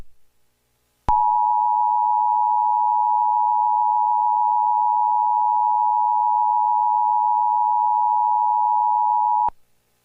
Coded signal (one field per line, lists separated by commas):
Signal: Emergency Alert System (SAME) tones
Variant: 853 and 960 Hz attention tone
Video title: EAS SCENARIO SPECIAL #1 - Flash Flood Getdown (Demo)